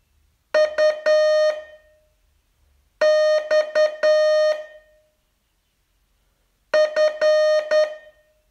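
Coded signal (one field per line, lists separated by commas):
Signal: Morse code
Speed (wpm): 10 wpm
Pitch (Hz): 610 Hz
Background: none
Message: U X F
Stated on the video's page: Morse training lesson, day 37 of a 42-day course.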